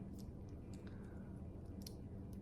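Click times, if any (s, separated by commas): 1.9 s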